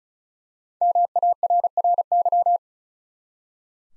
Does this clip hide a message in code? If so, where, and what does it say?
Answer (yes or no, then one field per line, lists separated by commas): yes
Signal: Morse code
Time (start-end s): 0.8-2.6 s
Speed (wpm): 36 wpm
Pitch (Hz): 700 Hz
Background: none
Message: MARRY